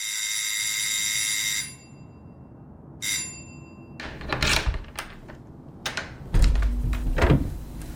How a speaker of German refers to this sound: Entschuldigung, ich habe vorsichtshalber geklingelt, um mich anzukündigen.